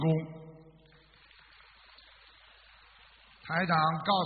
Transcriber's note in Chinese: 掌声